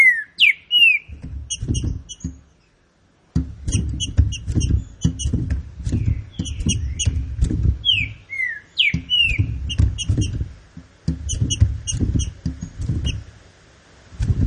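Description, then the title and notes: Green-winged saltator song: strong, sweeping whistled phrases repeated after short pauses, with bright high ticks above and persistent low thumping sounds below. Classic-style song of the green-winged saltator, used for training birds. "Canto Clássico Trinca Ferro TREINAMENTO. trinca fero"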